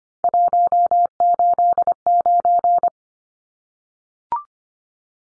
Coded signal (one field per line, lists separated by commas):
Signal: Morse code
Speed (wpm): 25 wpm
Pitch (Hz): 700 Hz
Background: none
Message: 189